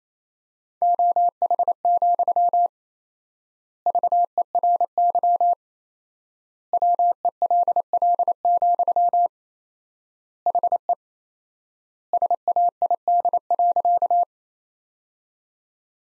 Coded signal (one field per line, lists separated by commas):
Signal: Morse code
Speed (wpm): 28 wpm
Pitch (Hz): 700 Hz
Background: none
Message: OH, VERY WELL, HE SAID.